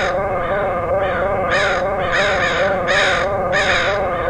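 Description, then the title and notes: Crow caws, a series of harsh calls over a continuous wavering drone. Crows recorded in Portland, Oregon, August 2003. "Dronecast: Crows of Portland. Crows recorded by Dan Bodah in Portland, OR, August 2003"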